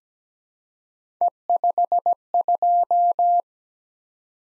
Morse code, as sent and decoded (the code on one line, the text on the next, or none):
. ..... ..---
E52